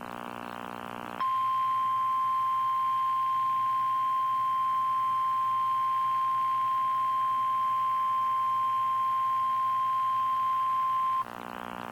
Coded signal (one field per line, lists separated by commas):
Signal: Emergency Alert System (SAME) tones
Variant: 1050 Hz attention tone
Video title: EAS #1286 - Tornado Watch #520 10-24-2015